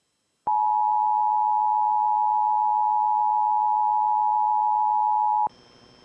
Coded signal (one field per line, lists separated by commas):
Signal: Emergency Alert System (SAME) tones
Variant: 853 and 960 Hz attention tone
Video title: EAS 4261-4265 Tests from today